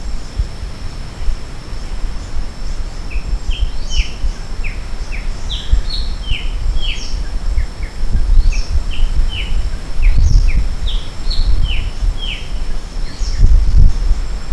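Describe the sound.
Maratua bulbul calls: a series of short, sharply descending whistled notes, repeated irregularly, over steady low rumbling noise and a constant high tone.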